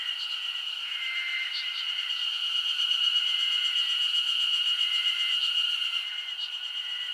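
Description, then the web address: Insects in a dense chorus: a steady high shrill drone with overlapping long buzzing trills that start and stop every second or two, and faint soft pulses above. Japanese summer insect ambience. "Sound Effects-Foundation 1 AMBIENCE JAPANESE SUMMER INSECTS 01"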